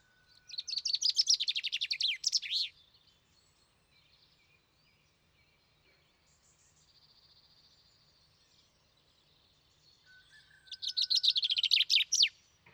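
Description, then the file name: Common chaffinch song: two bright trilled phrases, each about two seconds long and ending in a sharp flourish, separated by a quiet gap with faint high notes. "Fringilla coelebs"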